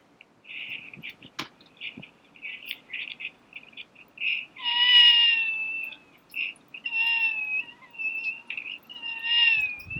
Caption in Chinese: 這是一種被稱為「貓哭症」的嬰兒哭聲。法語的意思是：哭泣的貓。 這是一種罕見疾病，由於喉嚨部位發育異常，影響孩子的哭聲，大約到兩歲就會比較正常了。